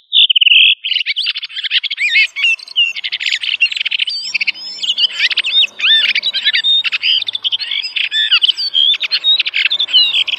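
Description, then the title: Thrush singing a long, fast, varied song of high whistled and chattering phrases, opening with a clear sustained whistle. "Familia Turdidae - Sabia"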